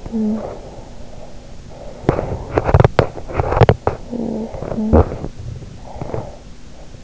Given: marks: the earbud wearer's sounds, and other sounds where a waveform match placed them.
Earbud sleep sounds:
sounds in sleep by an in-ear microphone; talking in sleep, teeth grinding, breath
0.00-0.54 s: talking in sleep
2.06-3.90 s: teeth grinding
4.11-4.87 s: talking in sleep
4.87-5.20 s: teeth grinding
5.78-6.56 s: breath

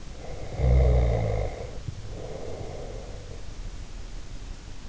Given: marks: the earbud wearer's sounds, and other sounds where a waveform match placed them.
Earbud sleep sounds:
sounds in sleep by an in-ear microphone; snoring breath
0.20-3.77 s: snoring breath

